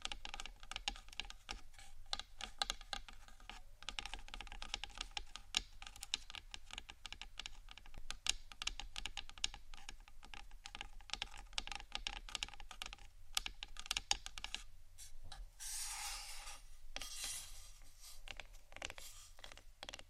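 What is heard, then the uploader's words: Soft tapping runs almost without pause, a dense patter of small quick clicks, much like fingers on keys. Around fifteen to eighteen seconds the taps give way to brighter scratching and rubbing strokes before the tapping returns, all over a low steady hum. ASMR Soft TAPPING for Sleep 3Dio （No Talking）.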